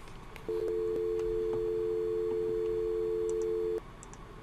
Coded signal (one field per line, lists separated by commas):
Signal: telephone call progress tone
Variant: North America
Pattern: dial tone